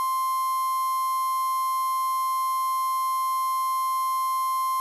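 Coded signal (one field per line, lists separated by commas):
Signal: Emergency Alert System (SAME) tones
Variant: 1050 Hz attention tone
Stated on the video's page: Mock EAS tornado emergency, simulated rather than a real alert.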